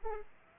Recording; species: mosquito wingbeat signal from an infrared sensor; Aedes aegypti